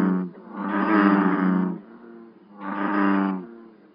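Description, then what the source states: Frog calls: two long, deep, buzzy droning calls separated by a short gap. Various frogs.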